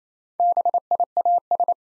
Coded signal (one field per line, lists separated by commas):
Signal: Morse code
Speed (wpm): 27 wpm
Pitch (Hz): 700 Hz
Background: none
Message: BIAS